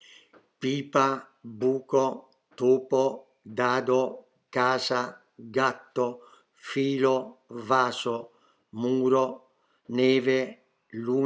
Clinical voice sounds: read list of words; Italian; male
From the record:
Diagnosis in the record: healthy control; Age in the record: 77 years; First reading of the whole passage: 68 s, 7.6 characters per second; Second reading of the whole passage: 60 s, 8.3 characters per second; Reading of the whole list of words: 67 s, 4.2 characters per second

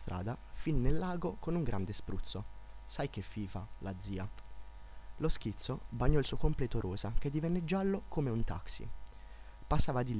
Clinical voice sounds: read passage; Italian; male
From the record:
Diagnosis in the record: healthy control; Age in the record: 19 years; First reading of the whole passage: 46 s, 11.4 characters per second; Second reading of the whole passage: 54 s, 9.6 characters per second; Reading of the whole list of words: 54 s, 5.2 characters per second

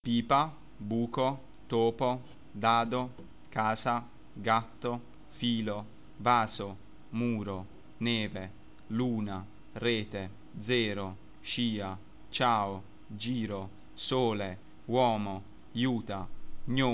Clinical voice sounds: read list of words; Italian; male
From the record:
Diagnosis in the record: healthy control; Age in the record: 21 years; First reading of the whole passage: 44 s, 11.7 characters per second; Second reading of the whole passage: 44 s, 11.8 characters per second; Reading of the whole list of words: 49 s, 5.8 characters per second

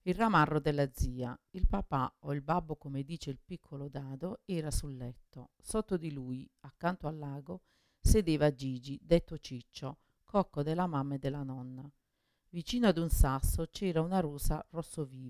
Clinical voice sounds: read passage; Italian; female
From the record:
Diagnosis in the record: Parkinson's disease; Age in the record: 61 years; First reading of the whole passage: 53 s, 9.7 characters per second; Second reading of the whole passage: 51 s, 10.1 characters per second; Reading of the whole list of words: 49 s, 5.7 characters per second

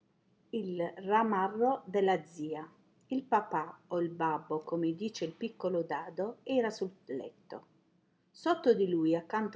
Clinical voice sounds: read passage; Italian; female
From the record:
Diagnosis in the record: healthy control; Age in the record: 60 years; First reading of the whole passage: 59 s, 7.9 characters per second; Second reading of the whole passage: 55 s, 8.5 characters per second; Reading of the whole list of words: 44 s, 6.4 characters per second

